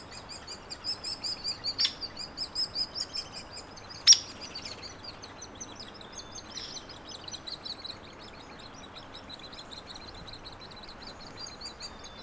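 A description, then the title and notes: Woodpecker nestlings keep up a dense, rapid chatter of high, thin calls through the first eight seconds, pulsing in quick regular bursts. Sharper, louder calls cut in around two and four seconds, likely adults arriving. The chatter then fades to a faint outdoor hush. Hairy Woodpeckers, nestlings and adults no name trail across from Frazer Point Schoodic division, Acadia National Park Fostex Fr2, Sennheiser ME 64 Trimmed, Leveled, and High Pass Filter (250hz) in Audacity.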